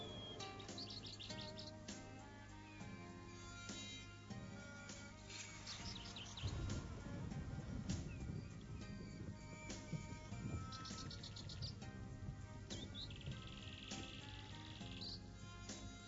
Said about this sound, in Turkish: Kuşlar ne güzel uçar Kabe'nin etrafında. Ne garip sesler çıkarırlar.